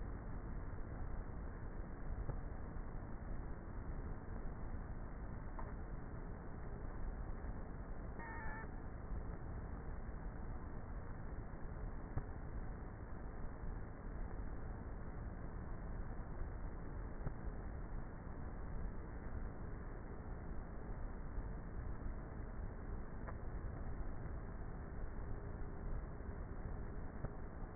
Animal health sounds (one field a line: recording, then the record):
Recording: honeybee colony, microphone inside the hive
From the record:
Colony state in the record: queenless with a low population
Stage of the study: before two queens were removed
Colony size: about 30,000 bees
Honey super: no